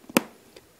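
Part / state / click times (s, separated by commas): helmet visor into its side lock / seated / 0.2 s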